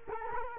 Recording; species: mosquito wingbeat signal from an infrared sensor; Culex quinquefasciatus